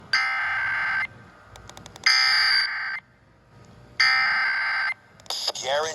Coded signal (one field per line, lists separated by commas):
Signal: Emergency Alert System (SAME) tones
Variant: header bursts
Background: speech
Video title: New Jersey Required Monthly Test on 4 stations (November 21, 2023) (EAS #932-EAS #936)